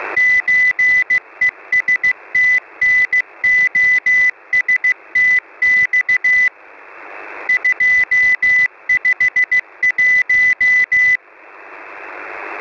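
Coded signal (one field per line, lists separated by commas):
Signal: Morse code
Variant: Russian alphabet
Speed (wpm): 15 wpm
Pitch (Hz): 2000 Hz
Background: none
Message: ЧЕСТНОСТЬ 251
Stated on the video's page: Russian military CW station on 5378 kHz sending a message in Russian Morse.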